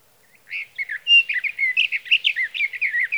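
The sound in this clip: Sage thrasher song: a long, fast, unbroken warble of varied chirps and slurred notes, steady at mid-high pitch for nearly three seconds, with a quiet background.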